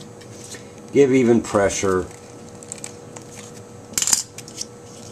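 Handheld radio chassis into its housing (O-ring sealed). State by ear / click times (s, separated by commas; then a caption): seated / 4.0 s. A Motorola XTS3000 handheld radio's reassembled chassis, with its O-ring seal in the bottom groove, is pressed evenly into its plastic housing while someone talks. It goes home with a sharp snap at 4.0 s, followed by a few quick clicks, and the chassis is seated.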